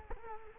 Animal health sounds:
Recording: mosquito wingbeat signal from an infrared sensor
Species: Culex quinquefasciatus

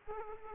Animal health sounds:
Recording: mosquito wingbeat signal from an infrared sensor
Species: Aedes aegypti

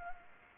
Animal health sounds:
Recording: mosquito wingbeat signal from an infrared sensor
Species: Culex pipiens

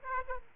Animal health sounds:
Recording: mosquito wingbeat signal from an infrared sensor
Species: Aedes aegypti

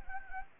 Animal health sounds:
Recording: mosquito wingbeat signal from an infrared sensor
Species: Anopheles gambiae

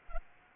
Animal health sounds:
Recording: mosquito wingbeat signal from an infrared sensor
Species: Aedes albopictus

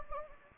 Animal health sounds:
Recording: mosquito wingbeat signal from an infrared sensor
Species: Anopheles gambiae

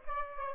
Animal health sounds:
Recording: mosquito wingbeat signal from an infrared sensor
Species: Aedes aegypti

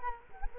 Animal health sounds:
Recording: mosquito wingbeat signal from an infrared sensor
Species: Culex quinquefasciatus

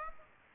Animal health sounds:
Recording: mosquito wingbeat signal from an infrared sensor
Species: Aedes aegypti

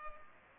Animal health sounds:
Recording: mosquito wingbeat signal from an infrared sensor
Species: Culex pipiens

